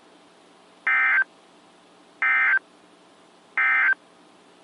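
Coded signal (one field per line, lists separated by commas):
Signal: Emergency Alert System (SAME) tones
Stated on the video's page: Alerts received from stations in Columbus, Butler and Bridgeport, Ohio, and Pittsburgh, Pennsylvania.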